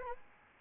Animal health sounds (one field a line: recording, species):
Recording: mosquito wingbeat signal from an infrared sensor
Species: Anopheles arabiensis